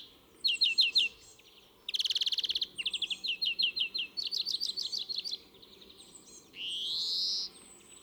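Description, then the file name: European greenfinch singing a long run of rattling trills and twitters, ending in a drawn-out wheezy buzz. "Chloris chloris"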